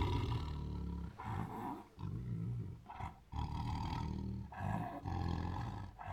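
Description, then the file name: Siberian tiger producing a series of heavy, rasping growl-roars with short pauses between them. Aggressive growls, roars and snarls. "Siberian Tiger Aggressively Growls, Roars and Snarls 1 [Sound Ideas]"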